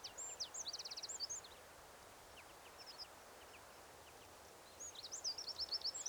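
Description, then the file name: Eurasian wren song, two loud bursts of rapid high notes and trills at the start and end, with quieter chips between over faint hiss. "Troglodytes troglodytes"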